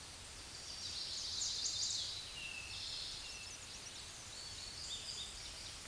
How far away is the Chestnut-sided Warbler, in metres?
about 10 m